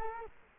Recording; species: mosquito wingbeat signal from an infrared sensor; Culex quinquefasciatus